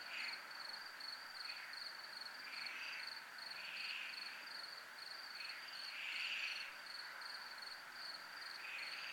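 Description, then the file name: Steady high cricket chirps repeat rapidly, with lower buzzy swells rising and falling every second or two beneath them. Recorded in a military zone. "zona militar crickets"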